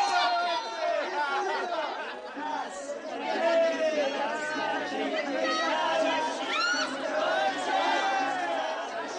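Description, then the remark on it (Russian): A crowd of guests chattering at once as they leave, many overlapping voices at a steady, lively level with occasional higher exclamations rising above the general murmur. “Гости расходятся.”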